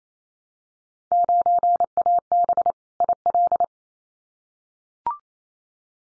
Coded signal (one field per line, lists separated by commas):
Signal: Morse code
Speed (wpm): 28 wpm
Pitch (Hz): 700 Hz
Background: none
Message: 9AB IL